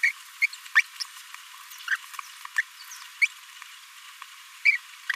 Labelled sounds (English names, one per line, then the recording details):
Green-rumped Parrotlet babbling
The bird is a male
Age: 26 days
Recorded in a nest box in Venezuela
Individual 17B42A3